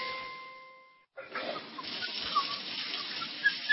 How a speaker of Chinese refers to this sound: 咱北京啊，是个缺水的城市，看见有那水龙头不关的，哗哗流的，心疼啊！